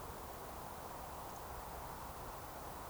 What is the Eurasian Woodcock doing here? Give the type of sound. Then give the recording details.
whistle. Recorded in Baden-Württemberg, Germany, on 14 June 2020 at 20:18 UTC. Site 43791, 788 m above sea level